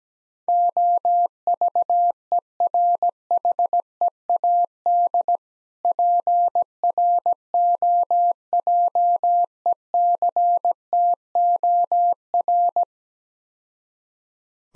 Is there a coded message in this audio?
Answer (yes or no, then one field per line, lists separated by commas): yes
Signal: Morse code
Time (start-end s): 0.5-12.8 s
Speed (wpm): 17 wpm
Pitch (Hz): 700 Hz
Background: none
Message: OVERHEAD PROJECTOR